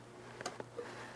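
A metal BNC bayonet plug is twisted onto its mating BNC jack, with a few light metallic ticks around the connection. It snaps home and locks with a crisp click at 0.5 s, giving a firm little bite as it seats.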